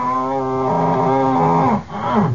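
Moose call: a long, steady, nasal moan that sags slightly in pitch, breaks off briefly, then resumes as a shorter moan.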